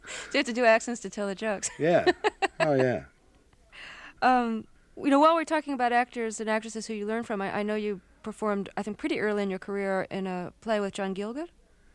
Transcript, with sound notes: So you have to do accents to tell the jokes?
Yeah. Oh, yeah.
(LAUGHTER)
You know, while we're talking about actors and actresses who you learned from, I know you performed I think pretty early in your career in a play with John Gielgud.